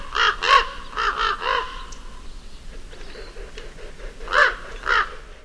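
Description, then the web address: Common Raven uttering rough, nasal croaks in a cluster, then a quieter stretch of soft low notes and two louder croaks near the end. "Songs of Birds of North America Stokes. Common Raven"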